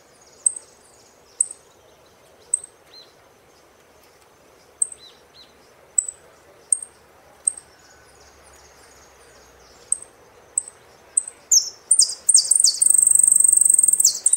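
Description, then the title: Saffron finch giving sparse, thin high chirps about once a second, ending in a sudden loud burst of buzzy, falling song phrases. "Jilguero Argentino"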